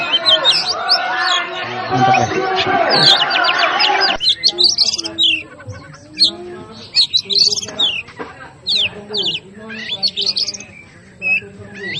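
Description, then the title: Oriental magpie-robin song: a dense, noisy burst of mixed calls at first, then quick repeated sharp whistles and chips for the rest. Master recording of a magpie-robin named Hercules, aggressive fighting song ('ngotot full tembakan': persistent, full of bursts), used for training cage birds. "Suara Masteran Kacer Hercules"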